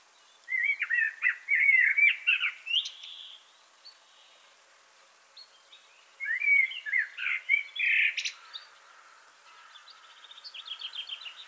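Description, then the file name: Common blackbird song: two warbling fluted phrases with squeaky endings, then a thin, rapid high series of repeated notes toward the end. "Turdus merula"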